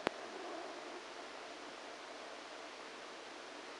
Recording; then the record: brain microelectrode recording played as sound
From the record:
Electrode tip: inside the subthalamic nucleus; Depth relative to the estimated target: 2 mm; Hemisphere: right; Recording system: NeuroSet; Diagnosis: Parkinson's disease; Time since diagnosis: 14 years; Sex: male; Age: 51 years